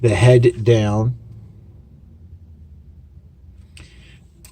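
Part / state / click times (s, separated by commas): head section of a plastic transforming figure into the torso / partly seated / 3.8 s, 4.4 s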